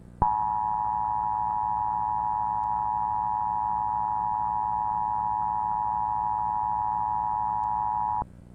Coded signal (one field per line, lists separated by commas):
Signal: Emergency Alert System (SAME) tones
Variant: 853 and 960 Hz attention tone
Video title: EAS Scenario // Beneath //